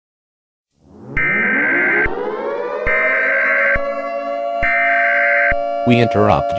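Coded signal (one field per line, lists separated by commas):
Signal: Emergency Alert System (SAME) tones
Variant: header bursts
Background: speech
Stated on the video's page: Fictional EAS scenario.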